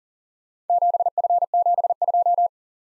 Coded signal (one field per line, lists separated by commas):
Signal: Morse code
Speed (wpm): 39 wpm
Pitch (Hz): 700 Hz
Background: none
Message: 7F72